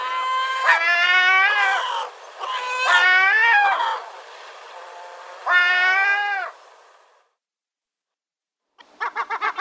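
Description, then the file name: Herring gull uttering long, plaintive mewing cries, three in a row, then after a pause a quick burst of short barking notes. "CHajka serebristaja"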